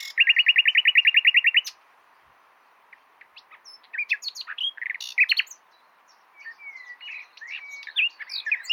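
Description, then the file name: Common nightingale song opening with a loud rapid repeated-note trill, followed by varied chirps and whistled notes in quick sequences. "Luscinia megarhynchos"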